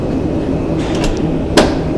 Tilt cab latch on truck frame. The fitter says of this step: all the way till you hear that click, and then pull up